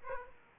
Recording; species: mosquito wingbeat signal from an infrared sensor; Aedes aegypti